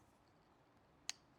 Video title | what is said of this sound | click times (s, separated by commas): MJJC Foam Cannon Pro V2 Buyer's Guide | push the metal shaft into the nozzle until you hear it click | 1.1 s